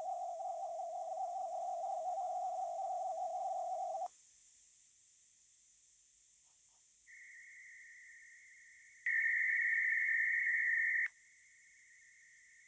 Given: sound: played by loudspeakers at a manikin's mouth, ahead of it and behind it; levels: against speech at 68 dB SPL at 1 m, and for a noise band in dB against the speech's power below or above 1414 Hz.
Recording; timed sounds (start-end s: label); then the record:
test signals for a remote microphone
0.00-4.06 s: noise band at 707 Hz, -13 dB
7.06-9.06 s: noise band at 2000 Hz, -13 dB
9.06-11.06 s: noise band at 2000 Hz, +22 dB
11.06-12.68 s: noise band at 2000 Hz, -13 dB
From the record:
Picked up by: remote microphone B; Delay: 24 ms